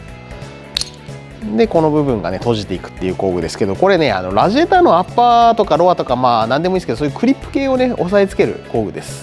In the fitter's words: いうふうにロックがかかると